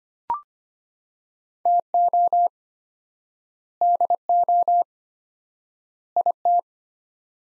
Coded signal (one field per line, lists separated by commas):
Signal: Morse code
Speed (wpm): 25 wpm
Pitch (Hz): 700 Hz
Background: none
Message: TO DO IT